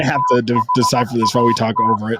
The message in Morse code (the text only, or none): THAT